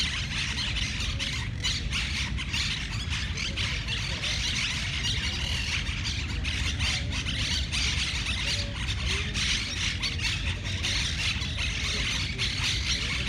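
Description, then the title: Monk parakeets in a noisy chorus, grating squawks repeated rapidly and overlapping throughout, over a constant hum of traffic. Several parakeets recorded in a city park in Barcelona, Spain, on 20 September 2019. "MONK-PARAKEETS-PARC-DE-LA-CIUTADELLA-BARCELONA-20-SEP-2019"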